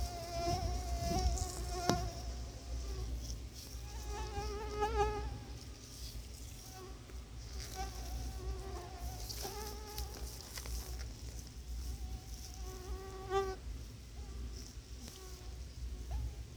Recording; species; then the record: mosquito flight sound by mobile phone; Anopheles quadrimaculatus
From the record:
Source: Auburn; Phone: Sony Xperia